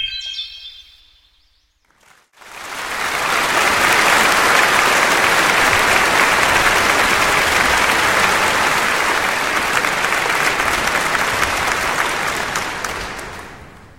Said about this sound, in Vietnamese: Họa mi chấm dứt phần biểu diễn của mình trong tiếng vỗ tay vang rền như sấm dậy.